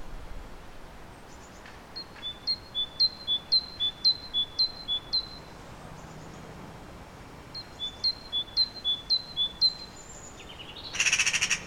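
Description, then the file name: Great tit singing two long runs of two-note see-saw phrases at a steady pace, followed by a loud brief sound at the end. "Parus major"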